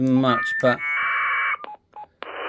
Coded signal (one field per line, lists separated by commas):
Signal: packet radio (AX.25, as in APRS)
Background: speech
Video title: Radtel RT880 / RADTEL RT950 APRS Comparisons and settings,CPS & FIRMWARE